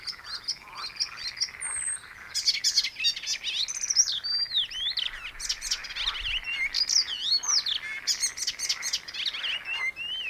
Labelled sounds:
Icterine Warbler song

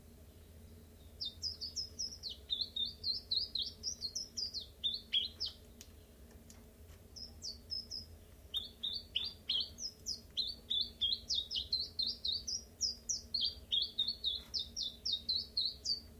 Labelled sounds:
Common Chiffchaff

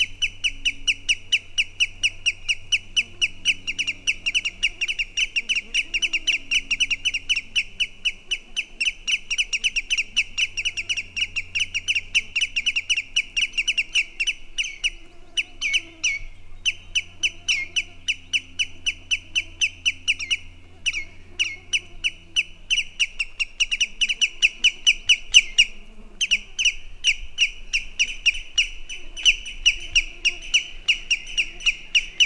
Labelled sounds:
Common Greenshank call

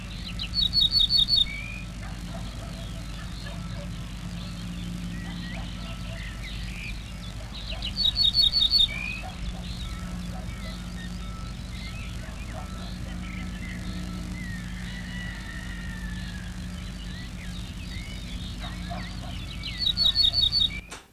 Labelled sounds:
Ortolan Bunting song

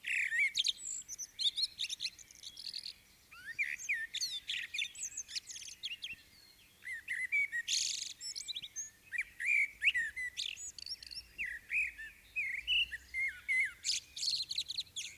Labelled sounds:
Common Blackbird song

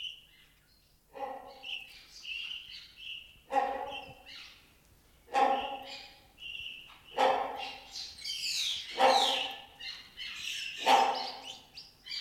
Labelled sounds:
Great Hornbill

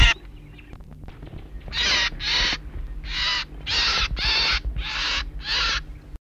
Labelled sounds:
Marsh Warbler call

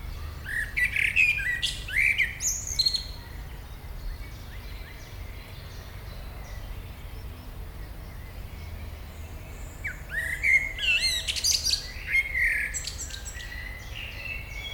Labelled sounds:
Common Blackbird

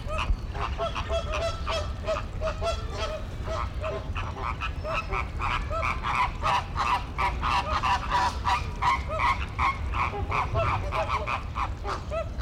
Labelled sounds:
American Flamingo call

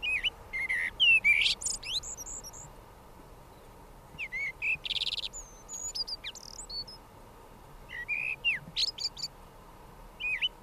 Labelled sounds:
Common Blackbird song

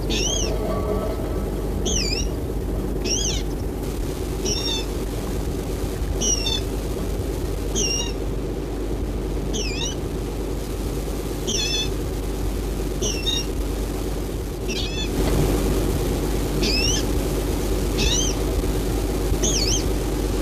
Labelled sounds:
Water Rail call

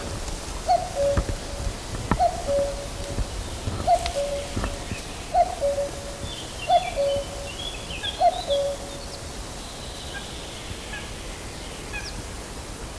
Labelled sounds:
Common Cuckoo

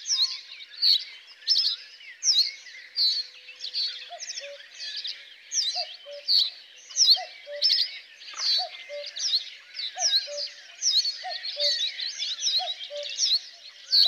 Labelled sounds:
Reed Bunting song

